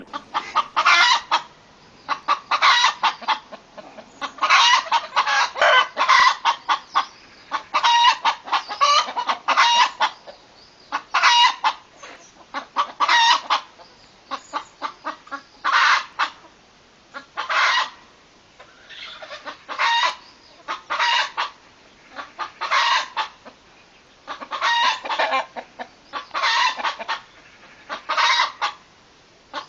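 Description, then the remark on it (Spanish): Chickens cluck steadily for about half a minute at a farmhouse near Ogoño, recorded in 2009. Their short, raspy calls come in quick clusters with brief pauses between. Several birds seem to overlap, and no one speaks. “Se hizo en 2009 y en un caserío cerca de Ogoño con unas gallinas.”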